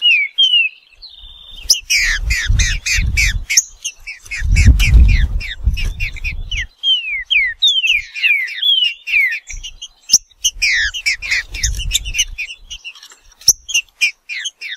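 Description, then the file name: Green-winged saltator song of quick slurred whistled notes falling in pitch, delivered in dense bursts with short pauses, with intermittent low rumbling. "canto do trinca ferro"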